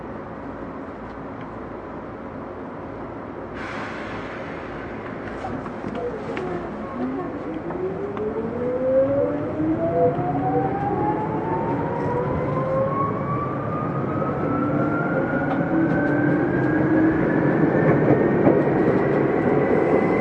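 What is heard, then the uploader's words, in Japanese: A Tokyu 8500 series train runs between Omotesando and Azamino, its motor whine rising steadily in pitch from about seven seconds onward as it accelerates. A constant low rumble of wheels underlies everything, growing louder, with a brief clank near the four-second mark. 東急8500系 表参道〜あざみ野。東京メトロ→東急区間の録音です。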